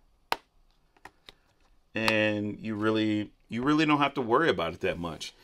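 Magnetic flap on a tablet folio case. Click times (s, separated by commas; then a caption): 0.3 s. The magnetic flap on the lower part of a Speck Folio case for a 12.9-inch M1 iPad Pro, over the camera area, is closed and snaps shut against its magnet with a sharp click at 0.3 s. A few faint taps follow around 1.0–1.3 s. Then someone talks.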